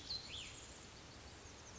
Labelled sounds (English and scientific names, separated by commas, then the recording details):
Cassin's Vireo (Vireo cassinii)
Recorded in Sonoma County, California